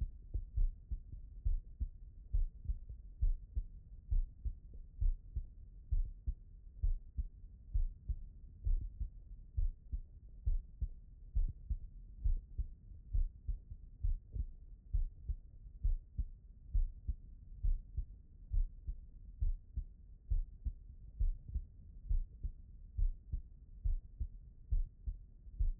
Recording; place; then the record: heart sounds by stethoscope; pulmonary valve (PV)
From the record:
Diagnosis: non-HFrEF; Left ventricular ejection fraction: 67%